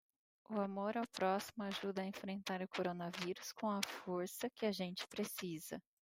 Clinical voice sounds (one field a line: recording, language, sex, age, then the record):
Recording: spoken sentence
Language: Brazilian Portuguese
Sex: female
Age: 40 to 49 years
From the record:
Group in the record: control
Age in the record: 44 years